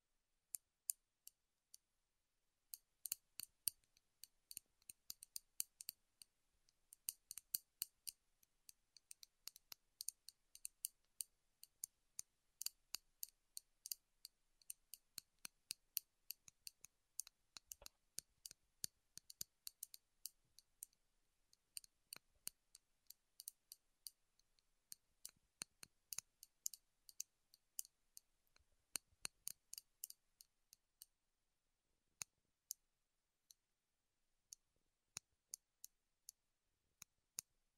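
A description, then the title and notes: Wood triggers made of sharp, dry clicks and taps, coming in irregular bursts, dense and quick from about 3 to 30 seconds, then thinning to sparse single taps near the end. The sounds are crisp and bright, with near silence between them. ASMR Wood Triggers in Your Ears (No Talking).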